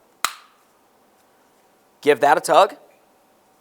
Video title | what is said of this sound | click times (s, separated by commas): How to Replace License Plate Light Bulb 2010-2013 Ford Transit Connect | After that, close up the assembly. Listen for a click. | 0.2 s